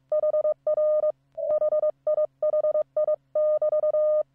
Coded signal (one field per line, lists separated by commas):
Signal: Morse code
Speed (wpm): 22 wpm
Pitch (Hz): 610 Hz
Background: none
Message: HR HIHI <BT>